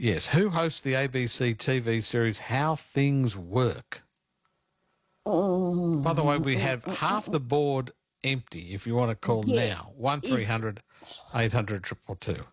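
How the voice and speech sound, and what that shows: A man speaks clearly and fluently at an even pace with a steady voice, reading a quiz question and a phone number, with a two-second pause midway.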